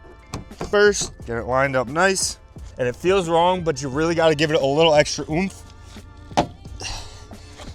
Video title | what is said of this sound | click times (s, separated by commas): Audi A4/S4 Diffuser & Spoiler Install (ECS Tuning) - EASY DIY + Before & After | until you hear it kind of click in all around the top edge. | 6.4 s